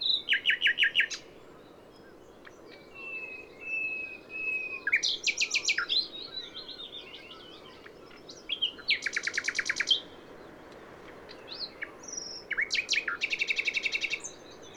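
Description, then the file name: Common nightingale singing several phrases of rapid rattling trills and whistled notes, alternating with brief quieter gaps, over low background hiss. "Luscinia megarhynchos"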